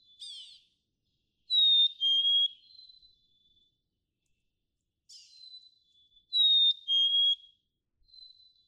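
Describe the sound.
Black-capped chickadee two-note whistles, high then lower, sung twice, each preceded by a brief scratchy note, with faint soft whistles after.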